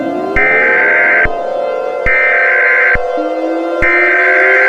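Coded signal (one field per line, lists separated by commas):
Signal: Emergency Alert System (SAME) tones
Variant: header bursts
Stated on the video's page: Fictional EAS scenario.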